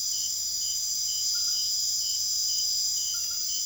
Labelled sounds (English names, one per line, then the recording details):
none
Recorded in secondary vegetation near Puerto Asís, Putumayo, Colombia, on 23 June 2025 at 23:00
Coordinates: 0.500, -76.326
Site GP08